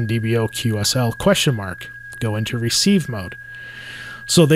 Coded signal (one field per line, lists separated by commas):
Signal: PSK31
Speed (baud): 31.25 baud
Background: speech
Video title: FLDIGI for Winter Field Day - Amateur (Ham) Radio How To Configure FLDIGI Software